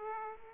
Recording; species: mosquito wingbeat signal from an infrared sensor; Aedes aegypti